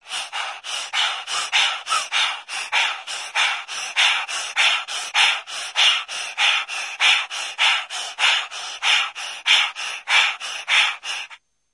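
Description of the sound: Quick, regular hissing airflow bursts, about 98 a minute, sound like forced sniffing through a stuffy, blocked nose, with no voice. It is an acted everyday-life sound effect of an adult breathing through a stuffy nose, showing nasal congestion.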